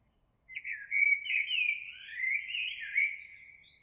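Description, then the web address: Eurasian blackbird producing one long, smooth fluting warble of slurred whistles, with thin high notes near the end. Recorded 26 April 2022. "oiseaux Merle 2022 04 26"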